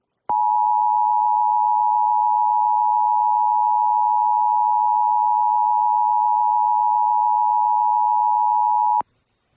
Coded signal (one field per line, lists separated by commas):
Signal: Emergency Alert System (SAME) tones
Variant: 853 and 960 Hz attention tone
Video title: EAS #1148-1149: 2 EAS Required Monthly Tests- Dec. 11, 2025- 12:15AM PST